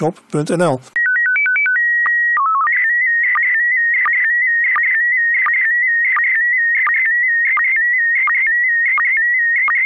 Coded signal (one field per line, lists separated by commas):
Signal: SSTV (slow-scan television)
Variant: PD 90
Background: speech